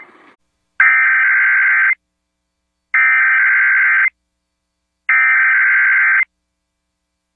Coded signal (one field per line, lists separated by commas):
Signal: Emergency Alert System (SAME) tones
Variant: header bursts